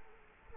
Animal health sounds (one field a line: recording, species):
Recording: mosquito wingbeat signal from an infrared sensor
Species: Culex quinquefasciatus